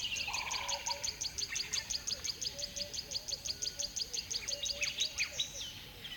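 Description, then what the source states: Dawn chorus of many birds: a fast, steady run of high chirps about three per second, with lower looping whistles and scattered tweets underneath. Dawn ambience at a river bed in savanna, South Africa; many birds calling together in a chorus.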